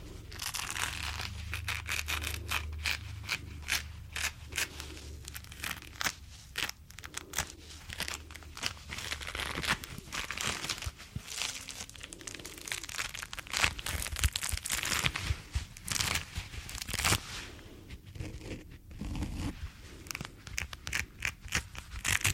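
Latex and cleaning gloves rustle and snap in dense, crinkly bursts throughout, with a low hum underneath during the first nine seconds.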